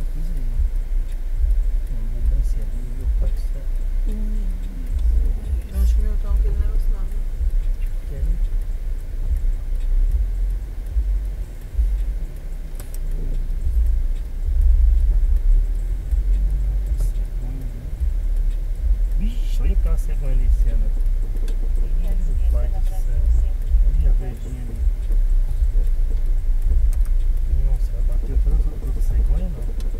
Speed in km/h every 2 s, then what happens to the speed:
5, 7, 10, 11, 12, 14, 14, 13, 15, 14, 12, 10, 10, 10, 10.
0-10 speeds up to 14. 10-30 steady at about 12.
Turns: 23-30.